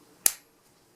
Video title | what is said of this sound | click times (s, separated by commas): Lone Wolf Paul Executive Overview | And you can hear, listen, you hold the knife, you can hear it lock into place. | 0.3 s